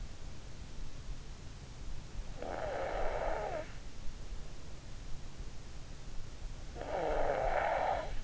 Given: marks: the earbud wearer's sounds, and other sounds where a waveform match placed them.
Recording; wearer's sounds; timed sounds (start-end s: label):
sounds in sleep by an in-ear microphone; snoring breath
2.38-3.74 s: snoring breath
6.81-8.24 s: snoring breath